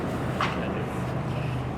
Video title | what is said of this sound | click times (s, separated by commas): Installation Video For 2023-2024 Volkswagen Golf R | the pin, slide it until it clicks into place, and you're all done. | 0.4 s